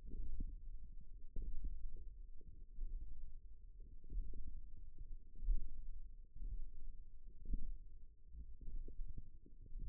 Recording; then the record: forearm muscle sounds (acoustic myography)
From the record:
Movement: index flexion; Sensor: system 1, eight BSWA MPA416 microphones around the upper forearm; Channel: 8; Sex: female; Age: 20 years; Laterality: right